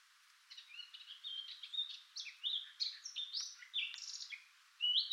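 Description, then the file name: Eurasian blackcap warbling quietly at first, then brighter whistled notes, a brief pause near the end and a louder fresh start. "Sylvia atricapilla"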